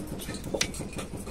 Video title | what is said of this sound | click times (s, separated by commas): YouTube Income से Tripod खरीद लिया 🤑 -- Crazy Aditya -- Tygot 3366 Tripod -- Full Review --In Budget | यहां पर इसको ऐसे लॉक और यह भी लॉक हो गई यहां | 0.6 s